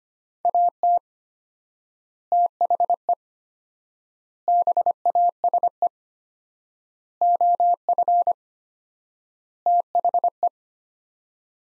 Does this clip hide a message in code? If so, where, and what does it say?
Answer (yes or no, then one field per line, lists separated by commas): yes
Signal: Morse code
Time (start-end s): 0.5-10.5 s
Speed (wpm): 25 wpm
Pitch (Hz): 700 Hz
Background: none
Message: AT THE BASE OF THE